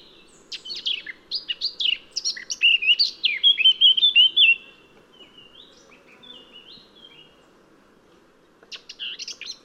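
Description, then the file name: Eurasian blackcap song: a scratchy, chattering warble running into loud, clear fluted whistles for about four seconds, then a quieter pause and a fresh scratchy start near the end. "Sylvia atricapilla"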